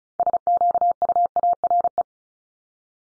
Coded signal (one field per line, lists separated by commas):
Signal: Morse code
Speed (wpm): 36 wpm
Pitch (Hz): 700 Hz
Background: none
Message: SQUARE